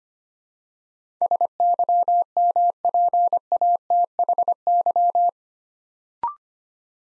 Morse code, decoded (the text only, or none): SYMPATHY